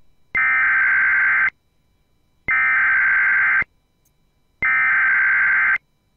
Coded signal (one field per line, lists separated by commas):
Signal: Emergency Alert System (SAME) tones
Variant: header bursts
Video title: Texas AMBER Alert (Child Abduction Emergency) (EAS 611)